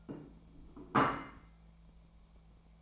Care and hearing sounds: daily activity, microphone in the room; place plate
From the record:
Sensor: 1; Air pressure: 1000.3 hPa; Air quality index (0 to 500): 144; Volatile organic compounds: 3 ppm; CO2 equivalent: 1351 ppm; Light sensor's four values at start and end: 29/73/31/37 and 29/72/31/37

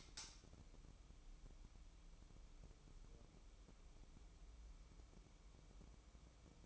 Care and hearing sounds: daily activity, microphone in the room; light off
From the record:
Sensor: 1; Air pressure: 1008.0 hPa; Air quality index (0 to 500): 124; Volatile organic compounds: 2 ppm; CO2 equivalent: 1049 ppm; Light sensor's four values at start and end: 13/38/14/16 and 22/72/28/29

